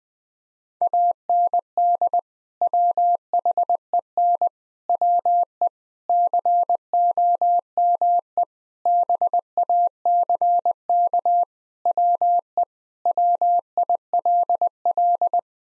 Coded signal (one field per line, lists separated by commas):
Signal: Morse code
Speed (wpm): 20 wpm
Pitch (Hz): 700 Hz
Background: none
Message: AND WHEN WE COME BACK WE WILL